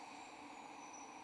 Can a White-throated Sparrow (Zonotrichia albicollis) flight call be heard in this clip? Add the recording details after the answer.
no. No flight call is heard. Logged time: 22:37 on 16 December 2014